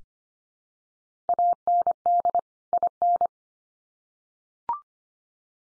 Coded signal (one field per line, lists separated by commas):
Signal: Morse code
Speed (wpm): 25 wpm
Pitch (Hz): 700 Hz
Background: none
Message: AND IN